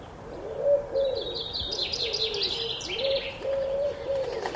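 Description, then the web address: Pigeon cooing softly in low repeated arcs, partly covered by a bright jumble of high songbird chirps through the middle. Pigeons recorded in the early morning together with other birds. "Tom Hutchings Birds Early Morning Featuring Pigeons"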